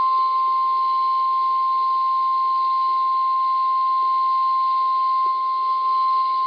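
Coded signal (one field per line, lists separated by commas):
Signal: Emergency Alert System (SAME) tones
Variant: 1050 Hz attention tone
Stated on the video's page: Real alerts including severe thunderstorm warnings with large polygons, triple headers, and an unexpected tornado warning.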